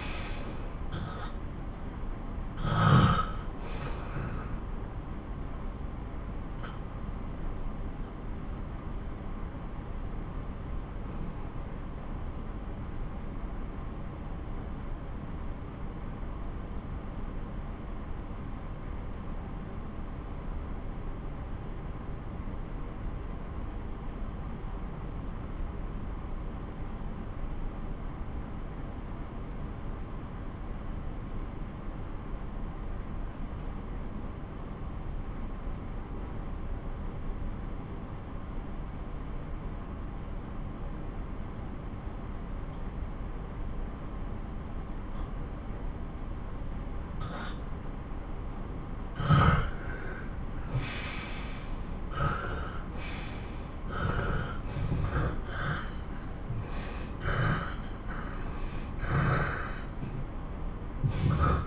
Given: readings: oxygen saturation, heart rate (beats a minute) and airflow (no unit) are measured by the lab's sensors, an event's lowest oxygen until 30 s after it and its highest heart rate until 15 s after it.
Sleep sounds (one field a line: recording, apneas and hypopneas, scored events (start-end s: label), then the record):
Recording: breathing in sleep by a smartphone at the bedside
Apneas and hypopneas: 1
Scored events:
5.00-48.80 s: obstructive apnea (N1, oxygen 94% highest, then 85% lowest)
From the record:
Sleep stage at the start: N1 (lightest sleep)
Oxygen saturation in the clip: 77 to 94%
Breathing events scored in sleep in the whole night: 217 in 6.3 hours asleep